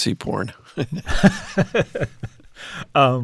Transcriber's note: laughter